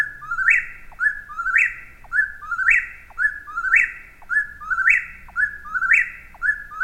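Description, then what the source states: Eastern whip-poor-will song, clear whistled phrases with a rising middle and abrupt drop, repeated steadily throughout. Recorded 13 July 2020.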